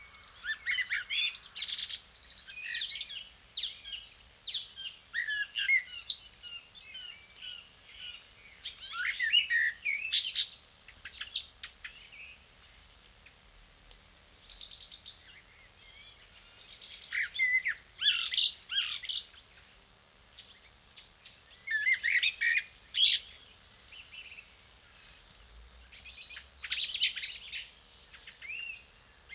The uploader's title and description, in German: Ein Abend in der Lehmgrube. Eine Kunstkopfaufnahme eines Abends in der Lehmgrube.